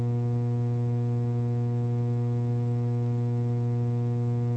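A steady, unbroken radio carrier hum with no voice on an air traffic control radio frequency in Bahia, a low buzzing drone rich in evenly spaced harmonics that holds constant for several seconds.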